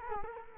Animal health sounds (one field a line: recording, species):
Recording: mosquito wingbeat signal from an infrared sensor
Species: Culex quinquefasciatus